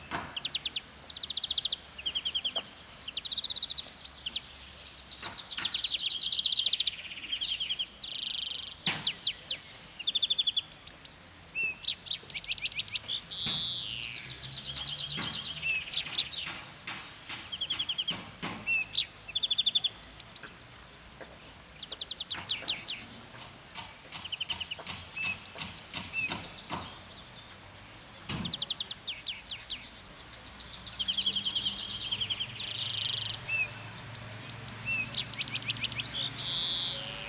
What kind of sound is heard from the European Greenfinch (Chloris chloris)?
song